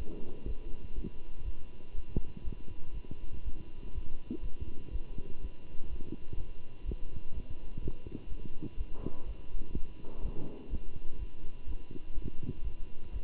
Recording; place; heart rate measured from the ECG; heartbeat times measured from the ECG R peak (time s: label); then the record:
heart sounds by stethoscope; between the tricuspid and mitral areas; 123 bpm
0.45 s: heartbeat
0.94 s: heartbeat
1.44 s: heartbeat
1.94 s: heartbeat
2.43 s: heartbeat
2.93 s: heartbeat
3.43 s: heartbeat
3.93 s: heartbeat
4.42 s: heartbeat
4.91 s: heartbeat
5.40 s: heartbeat
5.89 s: heartbeat
6.36 s: heartbeat
6.85 s: heartbeat
7.33 s: heartbeat
7.81 s: heartbeat
8.28 s: heartbeat
8.76 s: heartbeat
9.25 s: heartbeat
9.73 s: heartbeat
10.21 s: heartbeat
10.69 s: heartbeat
11.18 s: heartbeat
11.66 s: heartbeat
12.14 s: heartbeat
12.63 s: heartbeat
13.11 s: heartbeat
From the record:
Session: Bruce protocol treadmill stress test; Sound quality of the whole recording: good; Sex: male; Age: 23 years